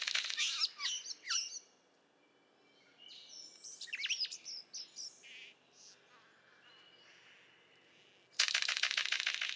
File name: Prionodura Newtoniana